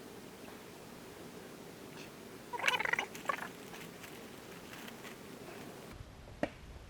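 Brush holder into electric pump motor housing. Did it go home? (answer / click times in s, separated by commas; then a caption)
no / none. A brush holder with its metal clips is slid back into the housing of an electric intercooler pump motor during a repair. A cluster of sharp handling knocks sounds around 2.7 to 3.0 seconds over a steady low hum, with one more knock near 6.4 seconds. No click is heard, and the brush assembly has not clicked into place yet.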